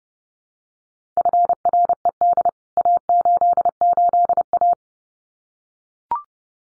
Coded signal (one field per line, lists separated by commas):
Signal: Morse code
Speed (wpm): 30 wpm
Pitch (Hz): 700 Hz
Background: none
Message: FRED A88A